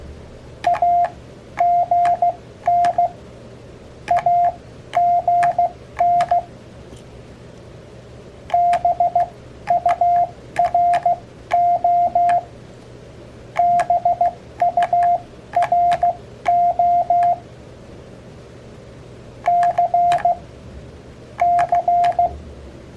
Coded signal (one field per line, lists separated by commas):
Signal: Morse code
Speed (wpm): 16 wpm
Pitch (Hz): 700 Hz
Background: none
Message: AGN AGN BURO BURO C C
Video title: 모스 부호 교신에 자주 사용되는 약어 배우기 | CW 약어 Abbreviations Part 1 | Learn Morse Code #morsecode #hamradio